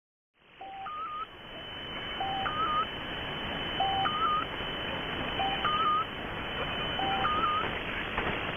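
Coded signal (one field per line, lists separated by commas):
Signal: channel marker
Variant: Squeaky Wheel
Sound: squeaky rising tone chirps, low then higher, repeating about every second and a half in static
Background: radio static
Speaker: The original squeaky wheel sounded like, well, a squeaky wheel.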